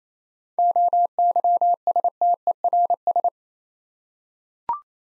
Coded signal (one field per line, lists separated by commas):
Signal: Morse code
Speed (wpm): 28 wpm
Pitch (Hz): 700 Hz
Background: none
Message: OYSTERS